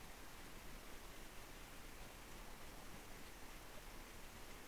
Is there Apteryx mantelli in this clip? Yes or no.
no